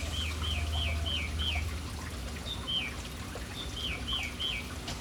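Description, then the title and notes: Birds giving wavering, slurred whistled notes in short quick runs with pauses between, over low background rumble. City birds gathered and lingering around an urban fountain. "Urban birds at fountain. Relaxing sounds of City Birds hanging around fountain"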